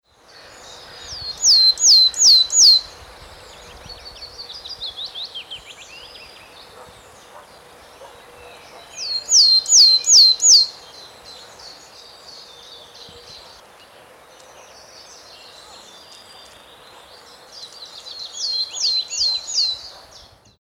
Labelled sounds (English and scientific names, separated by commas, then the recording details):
Willow Tit (Poecile montanus) song
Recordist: Frommolt, Karl-Heinz
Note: Gesang